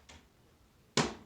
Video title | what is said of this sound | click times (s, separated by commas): Island Ductless Heat Pumps: How to clean your ductless heat pump mini-split indoor unit filters. | These hinges will pull down, snap And That's | 1.0 s